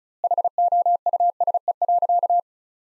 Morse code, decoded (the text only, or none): HOUSE.